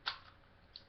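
A plastic leg part of a transforming robot toy is held up and pushed until it pegs into place. A sharp click at 0.1 s marks the leg joint seating, followed by a fainter tick at 0.8 s.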